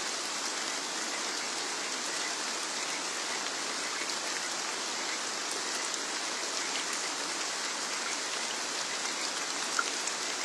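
Steady rain falls throughout, a dense, even hiss of drops that stays bright and constant with no lulls. The patter fills the space evenly, with only a faint isolated tick near the end breaking the texture.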